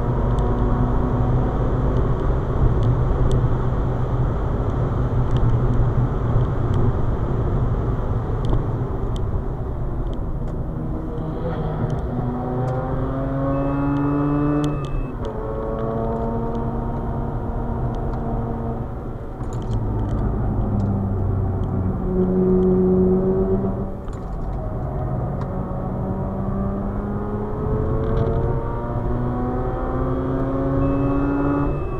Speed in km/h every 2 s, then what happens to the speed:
183, 180, 169, 151, 105, 79, 92, 100, 100, 91, 80, 83, 83, 99, 117, 127.
0-9 brakes to 79. 16-20 brakes to 80. 24-32 speeds up to 127.